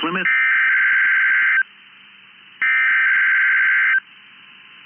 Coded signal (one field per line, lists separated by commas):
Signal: Emergency Alert System (SAME) tones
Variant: header bursts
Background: speech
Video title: 1/4/22 First BOX RWT Of 2023!! EAS#303